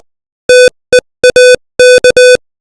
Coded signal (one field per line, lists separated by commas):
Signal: Morse code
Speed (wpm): 20 wpm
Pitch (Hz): 500 Hz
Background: none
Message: TEAK